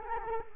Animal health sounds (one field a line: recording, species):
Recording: mosquito wingbeat signal from an infrared sensor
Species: Culex quinquefasciatus